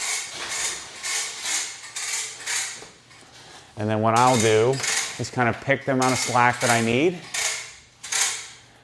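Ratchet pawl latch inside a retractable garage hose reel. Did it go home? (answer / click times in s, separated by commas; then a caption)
yes / 8.1 s. A retractable garage hose reel is pulled out to the slack needed, with repeated rattling ratchet bursts from its mechanism in the first three seconds while someone talks. The reel's spring-loaded ratchet pawl latch then catches with a sharp click at 8.1 s, and the hose locks in place.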